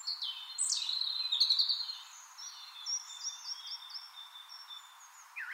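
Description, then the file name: Eurasian blackbird: a quick run of thin, high, downslurred squeaks and chips at the start, then fainter scattered high notes and one rising squeal at the end. "Turdus merula"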